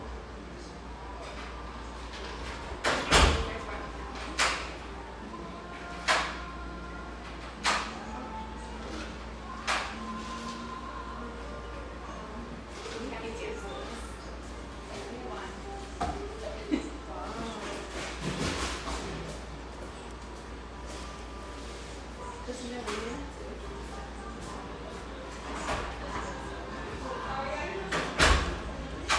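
Coffeehouse murmur with soft voices and faint radio, punctuated every few seconds by sharp clinks and knocks, loudest near three and twenty-eight seconds.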